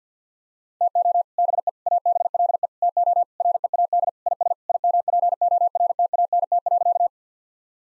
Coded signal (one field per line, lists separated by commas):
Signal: Morse code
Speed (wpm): 50 wpm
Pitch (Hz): 700 Hz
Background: none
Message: TO BE ABLE TO READ IS IMPORTANT.